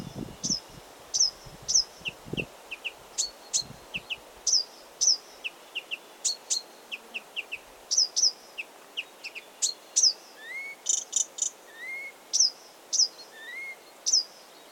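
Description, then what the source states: Blyth's reed warbler song: steady run of high clicking and chirping phrases, lower whistled notes and rising slurs, motifs repeated several times in a leisurely rhythm. Recorded 16 June 2022.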